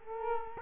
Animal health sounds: mosquito wingbeat signal from an infrared sensor; Culex quinquefasciatus

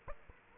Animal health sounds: mosquito wingbeat signal from an infrared sensor; Aedes aegypti

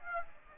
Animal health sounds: mosquito wingbeat signal from an infrared sensor; Aedes aegypti

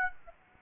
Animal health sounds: mosquito wingbeat signal from an infrared sensor; Aedes aegypti

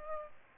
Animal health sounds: mosquito wingbeat signal from an infrared sensor; Aedes aegypti

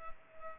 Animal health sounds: mosquito wingbeat signal from an infrared sensor; Culex pipiens

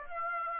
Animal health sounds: mosquito wingbeat signal from an infrared sensor; Aedes aegypti

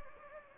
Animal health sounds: mosquito wingbeat signal from an infrared sensor; Anopheles gambiae

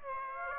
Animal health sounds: mosquito wingbeat signal from an infrared sensor; Aedes aegypti

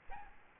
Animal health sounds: mosquito wingbeat signal from an infrared sensor; Aedes albopictus

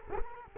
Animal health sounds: mosquito wingbeat signal from an infrared sensor; Culex quinquefasciatus

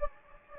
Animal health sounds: mosquito wingbeat signal from an infrared sensor; Anopheles gambiae

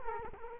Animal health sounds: mosquito wingbeat signal from an infrared sensor; Culex quinquefasciatus

